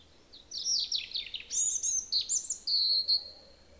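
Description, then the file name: European robin song: a run of thin, high, tumbling notes and trills, then sweet sustained whistles and a final drawn-out high note, with a quiet background. "Erithacus rubecula"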